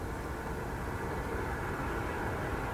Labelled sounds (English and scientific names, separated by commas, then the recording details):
none
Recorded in France